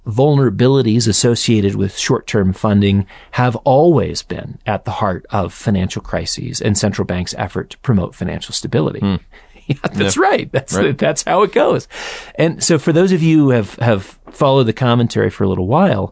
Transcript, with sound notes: Vulnerabilities associated with short-term funding have always been at the heart of financial crises, and central banks’ efforts to promote financial stability.” (laughs) That’s right. That’s how it goes. And so for those of you who have followed the Commentary for a little while,